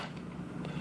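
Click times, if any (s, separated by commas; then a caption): none. A keychain piece is handled and slid toward the slot on the back of a 1.5-inch button, with faint scraping and handling noise over a steady low hum and a brief, sharper tick near 0.65 s. Nothing has seated or clicked into place yet.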